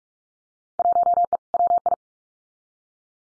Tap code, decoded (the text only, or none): none